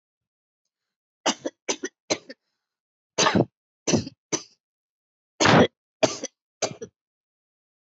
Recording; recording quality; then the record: heavy voluntary cough; excellent, no background noise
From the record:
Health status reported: healthy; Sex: female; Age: 36 years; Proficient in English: yes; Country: India